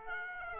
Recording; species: mosquito wingbeat signal from an infrared sensor; Aedes aegypti